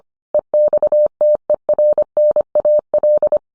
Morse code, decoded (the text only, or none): EXTERNAL